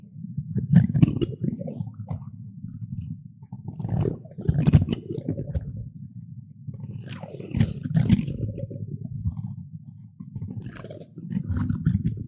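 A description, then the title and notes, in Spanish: Plastic spoons clatter and scrape in loose bursts, with busier clusters of bright clicks near 1, 4.5, 8 and 12 seconds. A steady low rumble runs underneath throughout, and quieter tapping and rustling fill the gaps between bursts. Sonidos relajantes hechos con cucharas plásticas.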